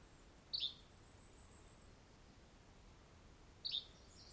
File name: YBFL SONG - Yellow-bellied Flycatcher - Empidonax flaviventris